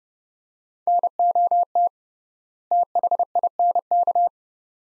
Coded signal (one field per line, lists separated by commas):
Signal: Morse code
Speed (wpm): 30 wpm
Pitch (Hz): 700 Hz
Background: none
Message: NOT THINK